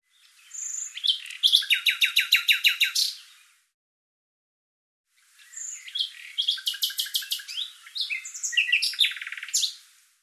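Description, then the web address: Bird song in two long phrases of rapid repeated notes mixed with varied chirps and sweeps, separated by about two seconds of quiet. "Deverinetal 2025"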